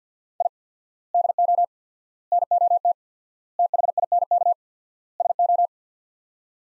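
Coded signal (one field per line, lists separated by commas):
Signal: Morse code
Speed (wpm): 50 wpm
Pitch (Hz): 700 Hz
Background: none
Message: I DO NOT THINK SO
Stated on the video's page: Morse practice sets of five words at 50 wpm with 4x word-spacing, a Farnsworth-like method for head-copying.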